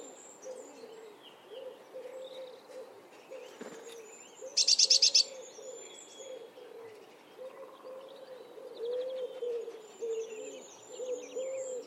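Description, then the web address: Eurasian blue tit call: one loud, fast burst of high scratchy notes midway, over continuous low repeated cooing and scattered faint chirps. "cianscape. Deverinetal"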